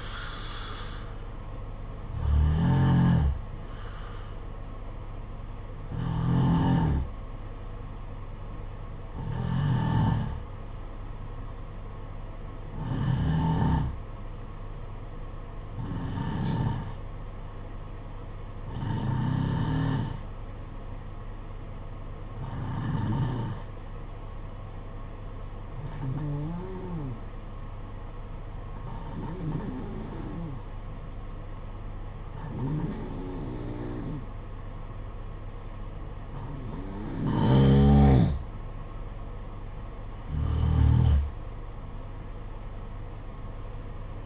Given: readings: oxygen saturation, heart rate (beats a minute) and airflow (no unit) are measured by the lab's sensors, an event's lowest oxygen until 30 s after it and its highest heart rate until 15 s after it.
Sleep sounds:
breathing in sleep by a smartphone at the bedside; 1
16.00-39.00 s: hypopnea (N2, oxygen 95% highest, then 89% lowest, heart rate 53 at the start, 60 highest)
38.00-44.26 s: new sleep stage, N1 (lightest sleep)
From the record:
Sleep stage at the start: N2 (light sleep); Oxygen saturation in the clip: 90 to 95%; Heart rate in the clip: 53 to 60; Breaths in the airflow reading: 12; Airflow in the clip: -7.9 to 9.4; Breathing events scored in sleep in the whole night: 476 in 9.7 hours asleep

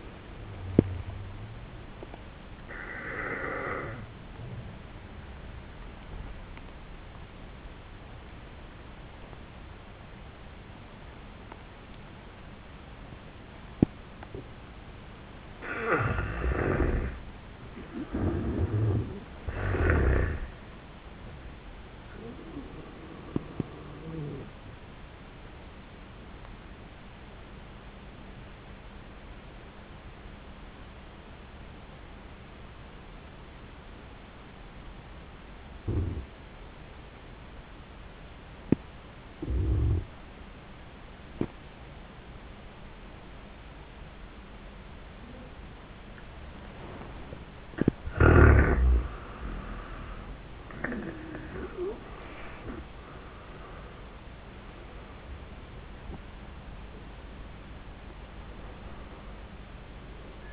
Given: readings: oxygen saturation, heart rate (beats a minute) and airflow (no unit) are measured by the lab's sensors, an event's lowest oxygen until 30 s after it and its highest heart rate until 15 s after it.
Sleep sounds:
breathing in sleep by a voice recorder at the bedside; 2
5.00-16.90 s: obstructive apnea (N1, oxygen 96% highest, then 85% lowest)
29.00-48.50 s: obstructive apnea (N1, oxygen 95% highest, then 77% lowest)
From the record:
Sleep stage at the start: N1 (lightest sleep); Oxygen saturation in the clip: 81 to 96%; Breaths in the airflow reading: 6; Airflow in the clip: -25.4 to 27.1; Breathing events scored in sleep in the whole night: 400 in 8.7 hours asleep

